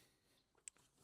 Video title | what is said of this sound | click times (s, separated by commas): DJI Neo 2 Drone United States Version Unboxing - Buy Now Before Its too Late! | So, one cool thing, like I mentioned earlier, we snap this cover off. It just squeeze it like that. Pulls right off. | 0.7 s